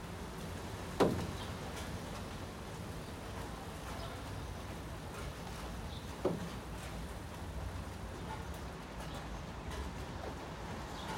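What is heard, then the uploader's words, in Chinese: Steady, dense rain hisses on a windowsill, with low traffic rumble beneath and two sharp drops landing near one and six seconds. 雨天的窗台。汽車機車呼嘯而過聲。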